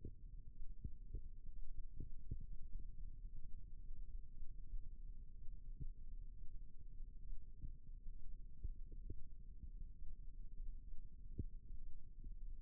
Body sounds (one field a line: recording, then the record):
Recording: forearm muscle sounds (acoustic myography)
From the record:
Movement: rest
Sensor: system 2, bracelet of six BSWA MPA416 microphones around the upper forearm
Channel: 3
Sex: male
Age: 22 years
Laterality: right